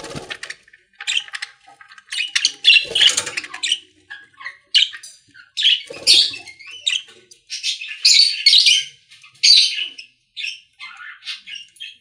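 Budgerigar chirping in many short scratchy bursts, irregularly spaced, some whistled notes among them.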